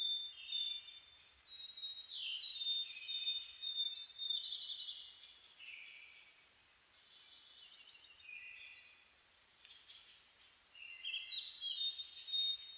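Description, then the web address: Birds singing in a dense dawn chorus of overlapping high chirps, warbles and trills, with a long thin whistle held near the top of the range mid-way. Dawn chorus (reimei) of chirping birds (saezuri), 10 May 2010. "2010 reimei DH-D 50-saezuri-20100510-0401"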